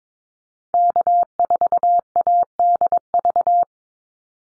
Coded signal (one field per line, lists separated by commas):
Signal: Morse code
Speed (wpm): 22 wpm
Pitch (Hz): 700 Hz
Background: none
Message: K4ADV